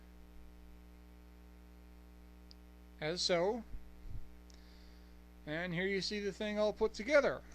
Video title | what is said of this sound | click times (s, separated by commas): Master Grade THE O Review | and they will click into place | 2.5 s